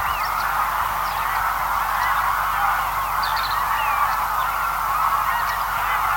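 Greylag goose: greylag geese give constant overlapping honks and cackles from a large flock, with a few higher sharp notes scattered through.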